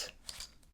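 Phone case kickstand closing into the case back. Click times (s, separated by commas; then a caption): 0.3 s. A phone case kickstand on an iPhone X Olixar X Ranger Survivor case, a rugged plastic and aluminium-look case, is closed over the small included tool stowed in its recess. A brief scrape leads into a sharp snap at 0.3 s as the kickstand seats shut, followed by a fainter tick at 0.6 s.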